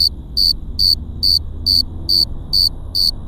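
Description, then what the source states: Cricket song of regular high-pitched chirps, about 140 per minute, with a soft low rumble and a faint steady tone in the background. Crickets at Cerro Gordo, León, Guanajuato, Mexico, 18 April 2019, 9:19 p.m.; recorded close to several crickets with a Tascam DR-05X built-in microphones and WS-11 windshield.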